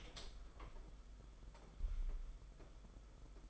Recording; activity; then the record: daily activity, microphone in the room; open door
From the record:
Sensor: 5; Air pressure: 991.7 hPa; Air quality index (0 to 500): 135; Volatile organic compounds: 85 ppm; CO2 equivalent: 3651 ppm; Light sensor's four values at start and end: 36/116/44/46 and 36/117/44/47